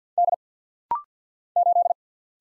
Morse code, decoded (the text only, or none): D 8